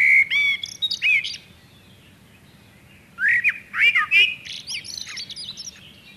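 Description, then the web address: Common blackbird singing mellow whistled phrases with scratchy high twittering endings, separated by a quiet gap of about two seconds. "chant xeno-canto merle noir"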